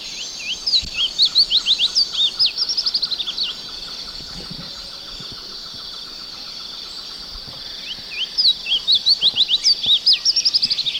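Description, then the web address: Black-lored yellowthroat singing two bouts of fast, high, slurred notes, with a long pause between them. Recorded in Ecuador. "Birds of Ecuador. Black-lored Yellowthroat"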